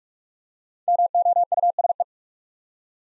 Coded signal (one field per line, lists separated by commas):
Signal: Morse code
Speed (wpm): 44 wpm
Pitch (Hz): 700 Hz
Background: none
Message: MOUSE